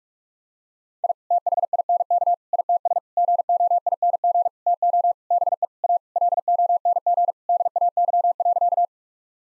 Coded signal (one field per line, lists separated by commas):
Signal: Morse code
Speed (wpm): 45 wpm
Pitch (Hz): 700 Hz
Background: none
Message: I THINK ITS GOING TO BE A LONG DAY.